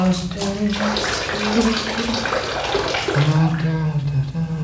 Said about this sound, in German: Der Hahn, der tropft noch immer. Da muss auch Zeit, dass man mal den Installateur holt.